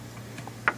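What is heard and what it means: A needle and spring assembly, held with its nut up in the socket against the needle, is turned until it locks into its socket or cylinder. Two faint ticks come at about 0.4 and 0.5 seconds, then a sharp, loud click at 0.7 seconds as the assembly locks into place and seats.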